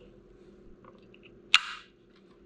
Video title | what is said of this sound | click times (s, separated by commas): Logitech G502 X LIGHTSPEED Almadan Önce İzle: Kutu Açılışı ve İlk İzlenimler! | yerine oturdu | 1.5 s